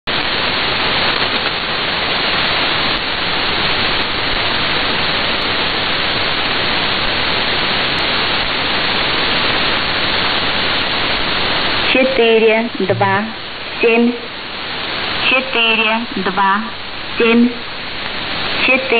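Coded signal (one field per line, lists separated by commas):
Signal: numbers station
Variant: S06s, Russian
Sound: hiss, then a voice reading short, evenly spaced words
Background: radio static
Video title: 25 06 2019 S06s Russian Lady numbers station in Russian to Eu 0730 on 7365 unknown tx site USB+AM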